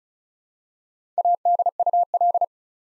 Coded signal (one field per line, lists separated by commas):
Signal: Morse code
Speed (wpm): 36 wpm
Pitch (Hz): 700 Hz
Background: none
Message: ADUL